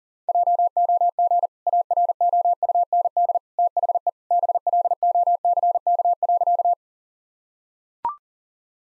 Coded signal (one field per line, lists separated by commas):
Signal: Morse code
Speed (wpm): 40 wpm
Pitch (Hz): 700 Hz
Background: none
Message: JOG AROUND THE BLOCK.